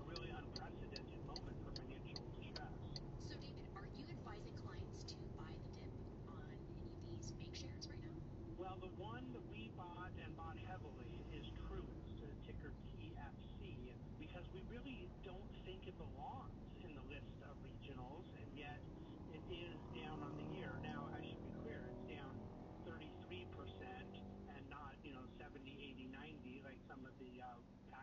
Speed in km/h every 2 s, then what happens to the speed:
47, 47, 47, 45, 43, 39, 35, 33, 28, 25, 23, 20, 19, 14.
0-8 steady at about 47. 8-28 slows to 14.